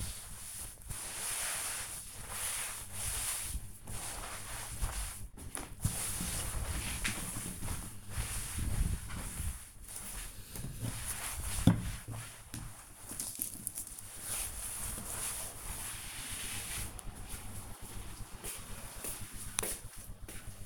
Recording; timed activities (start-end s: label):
household activities, microphone on the right wrist
0.00-16.52 s: cleaning table